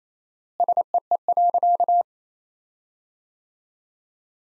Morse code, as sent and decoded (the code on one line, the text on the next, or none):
... . . .-.-.-
SEE.